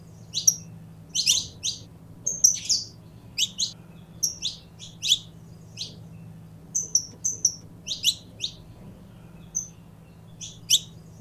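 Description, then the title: Belgian canary with a busy series of bright, downward-slurred chirps and short whistles, spread irregularly throughout, over a faint low hum. Pure Belgian canary breed. "Canto Do Canário Belga Puro"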